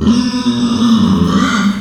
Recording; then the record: squeal of a Yucatan mini pig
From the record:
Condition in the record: after surgery on the right vocal fold (resection and tissue-engineered implant); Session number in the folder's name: 13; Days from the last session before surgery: 113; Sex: female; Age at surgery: 19 weeks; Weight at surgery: 25 kg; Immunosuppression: prednisolone